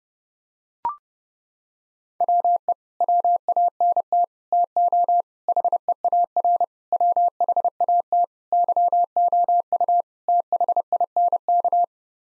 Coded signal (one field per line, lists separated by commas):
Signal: Morse code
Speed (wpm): 30 wpm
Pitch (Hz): 700 Hz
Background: none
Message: WE WANT TO HEAR WHAT YOU THINK